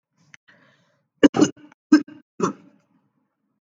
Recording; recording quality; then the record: heavy voluntary cough; excellent, no background noise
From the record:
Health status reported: healthy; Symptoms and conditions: none ticked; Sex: male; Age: 36 years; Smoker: not ticked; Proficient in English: yes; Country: India